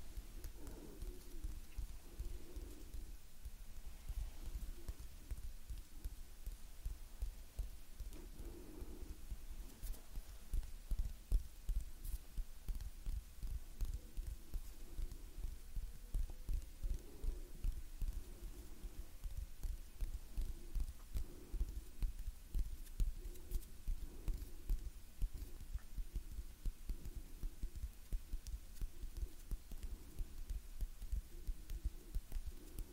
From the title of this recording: Gentle Hand Sounds Movements & Breathing